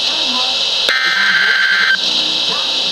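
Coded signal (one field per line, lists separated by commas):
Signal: Emergency Alert System (SAME) tones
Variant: header bursts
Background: speech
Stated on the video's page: Three flood warnings.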